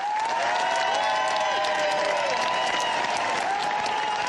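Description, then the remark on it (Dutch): A large crowd in Amsterdam applauds steadily outside a front door as a farewell to a man, a dense, unbroken wash of clapping with sustained singing voices rising through it. “Met applaus bij jullie voor de deur en gezang.”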